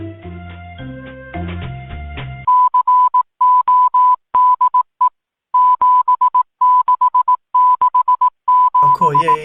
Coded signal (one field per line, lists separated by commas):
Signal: Morse code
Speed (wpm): 18 wpm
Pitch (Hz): 1000 Hz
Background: speech, music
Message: CODE 7667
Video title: Atomic Radio Hour - Episode 99 - Survivor 2299